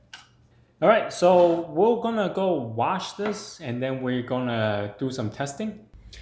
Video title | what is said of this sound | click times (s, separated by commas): HadinEEon Blender - Making Apple Sauce, Guac & Crushing Ice | counterclockwise then it is release okay | 0.1 s